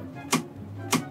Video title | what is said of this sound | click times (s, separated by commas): MAN UP: We Build Our Very Own PC! | top nicely right and then you should hear a click very | 0.3 s, 0.9 s